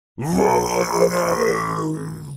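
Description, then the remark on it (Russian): Thousands of orcs roaring: a deep, guttural monster-like roar held steadily for about two seconds, loud and gravelly with a low pitch, fading slightly at the end, with no speech around it. “Заорали тысячи и тысячи орков.”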